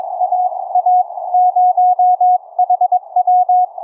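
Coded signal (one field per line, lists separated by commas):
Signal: Morse code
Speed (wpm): 22 wpm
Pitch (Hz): 730 Hz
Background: none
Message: AA0HW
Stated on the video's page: Live 40 m HF CW QSO keyed with iambic paddles through an experimental homebrew remote rig using audio over IP.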